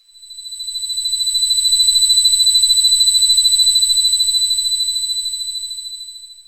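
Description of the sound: Steady high-pitched ringing tone with a fast pulsing flutter, fading in and out: a simulated tinnitus sound.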